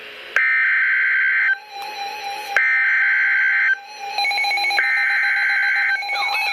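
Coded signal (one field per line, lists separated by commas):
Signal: Emergency Alert System (SAME) tones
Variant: header bursts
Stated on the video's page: Special Marine Warning on weather radio station in Milwaukee, WI.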